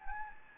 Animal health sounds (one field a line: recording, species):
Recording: mosquito wingbeat signal from an infrared sensor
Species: Anopheles gambiae